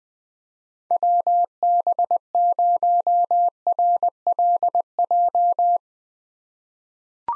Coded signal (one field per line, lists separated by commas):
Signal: Morse code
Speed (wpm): 21 wpm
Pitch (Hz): 700 Hz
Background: none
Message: WB0RLJ